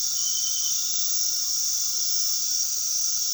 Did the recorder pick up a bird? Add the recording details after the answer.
no. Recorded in pastures near Puerto Asís, Putumayo, Colombia, on 20 February 2024 at 21:30. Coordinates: 0.468, -76.328. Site G6414